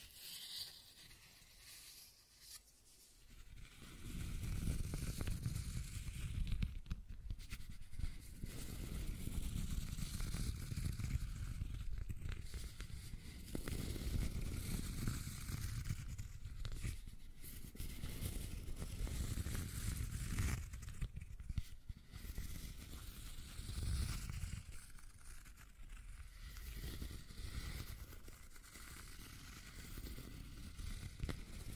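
Scratching and tracing sounds run almost without pause after a quiet first three seconds, a dense, rough rubbing with a heavy low rumble beneath a thin hiss. Short sharper scrapes break through around 7, 15 and 24 seconds, and the strokes ease slightly near the end.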